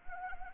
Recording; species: mosquito wingbeat signal from an infrared sensor; Anopheles arabiensis